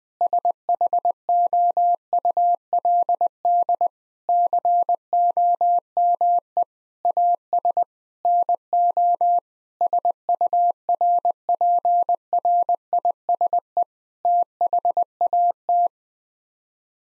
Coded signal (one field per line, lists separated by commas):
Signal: Morse code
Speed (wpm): 20 wpm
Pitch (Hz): 700 Hz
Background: none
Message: SHOULD COME AS NO SURPRISE THAT